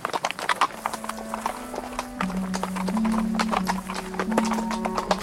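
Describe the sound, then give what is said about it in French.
Horses' hooves clip-clop along a steep, winding path under huge beech trees, the horses being held back on the slope, in a brisk, uneven rhythm of sharp knocks that continue throughout, with a steady low hum running underneath. “Pendant près d'une lieue, ils se fatiguèrent à retenir les chevaux sur un sentier qui serpentait en pente raide, sous des hêtres énormes.”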